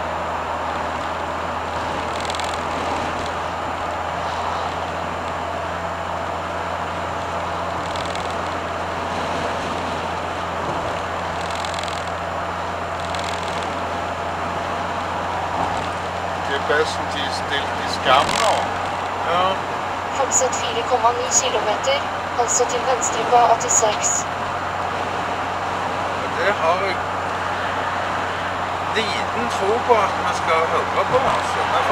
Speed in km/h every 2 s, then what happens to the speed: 73, 75, 76, 77, 77, 77, 78, 79, 81, 82, 82, 82, 82, 82, 81, 80.
0-32 speeds up to 80.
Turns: none.